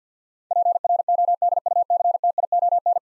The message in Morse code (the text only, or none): PRODUCTION